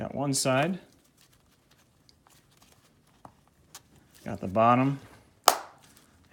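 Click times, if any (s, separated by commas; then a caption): 5.5 s. Someone talks while pressing the plastic ring of a SightLines gel ear pad onto the bottom of a headset ear cup (Invisio T5 / Sordin / Liberator / ComTac type), with faint small ticks in between. A loud, sharp snap at 5.5 s marks the pad seating home at the bottom.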